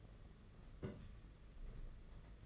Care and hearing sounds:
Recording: daily activity, microphone in the room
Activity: place on stove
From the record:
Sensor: 4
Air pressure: 992.8 hPa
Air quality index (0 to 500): 175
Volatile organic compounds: 327 ppm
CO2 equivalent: 4538 ppm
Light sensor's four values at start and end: 4/11/4/5 and 4/11/4/5

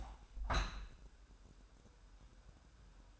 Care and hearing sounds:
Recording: daily activity, microphone in the room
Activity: open window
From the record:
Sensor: 2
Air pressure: 1000.3 hPa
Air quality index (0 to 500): 244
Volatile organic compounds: 87 ppm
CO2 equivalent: 3660 ppm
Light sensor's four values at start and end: 8/20/8/8 and 8/20/8/8

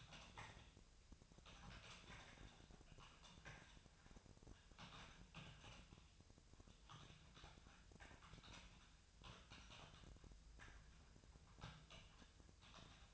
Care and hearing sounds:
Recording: daily activity, microphone in the room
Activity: typing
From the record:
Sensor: 2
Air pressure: 999.1 hPa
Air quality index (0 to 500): 207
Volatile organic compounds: 35 ppm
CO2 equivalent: 3066 ppm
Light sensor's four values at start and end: 7/17/6/7 and 7/17/6/7

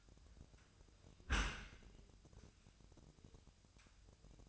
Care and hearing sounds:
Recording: daily activity, microphone in the room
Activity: close dishwasher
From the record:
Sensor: 2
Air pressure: 1004.6 hPa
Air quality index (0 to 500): 107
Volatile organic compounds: 2 ppm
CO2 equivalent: 1296 ppm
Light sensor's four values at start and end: 6/15/6/6 and 6/15/6/6

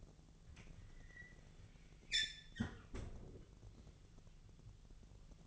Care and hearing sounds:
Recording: daily activity, microphone in the room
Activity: close fridge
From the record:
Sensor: 4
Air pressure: 1000.9 hPa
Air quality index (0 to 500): 132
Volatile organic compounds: 2 ppm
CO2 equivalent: 982 ppm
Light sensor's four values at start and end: 27/64/27/30 and 31/74/31/34

